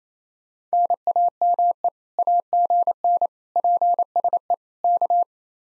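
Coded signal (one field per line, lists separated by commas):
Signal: Morse code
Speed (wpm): 36 wpm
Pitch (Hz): 700 Hz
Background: none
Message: NAME AGN PSE K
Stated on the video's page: Common QSO phrases speed drill starting fast and slowing to a 28 wpm base; fastest speed 1.5 times slowest, final repeat once at maximum speed.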